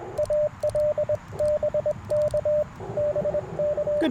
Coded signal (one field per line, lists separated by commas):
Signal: Morse code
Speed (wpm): 21 wpm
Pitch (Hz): 600 Hz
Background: radio noise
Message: ALBK BK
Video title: Explorer POTA20 & Packtenna - QRP CW POTA Activation 09/07/2024